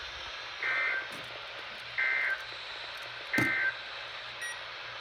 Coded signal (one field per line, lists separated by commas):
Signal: Emergency Alert System (SAME) tones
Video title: Sterlings Flood Spam! (8/4/22) (EAS #338-342) (BONUSES! Mini House Tour + New Outro!)